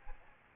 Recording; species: mosquito wingbeat signal from an infrared sensor; Aedes albopictus